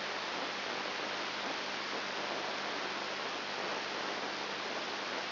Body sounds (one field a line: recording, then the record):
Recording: brain microelectrode recording played as sound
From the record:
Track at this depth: inside the subthalamic nucleus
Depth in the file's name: 2.503 mm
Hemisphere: left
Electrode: 3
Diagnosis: Parkinson's disease